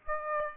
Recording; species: mosquito wingbeat signal from an infrared sensor; Aedes aegypti